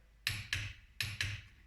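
A click-type torque wrench tightens wheel lug nuts, set to start at 50 pounds and work up to the 105 dealer spec. Four sharp metallic clicks with a bright high-frequency ring come in two pairs, at 0.3, 0.5, 1.0 and 1.2 seconds. Each click means the wrench has reached its set torque.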